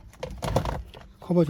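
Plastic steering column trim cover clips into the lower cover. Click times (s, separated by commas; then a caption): 0.6 s, 0.7 s. A plastic steering column trim cover, being refitted after a clock spring replacement, slots into its grooves in the lower cover without screws and clips in at three places, including the top. Sharp plastic clicks come at 0.6 s and 0.7 s as the clips snap home and the cover seats, while someone talks.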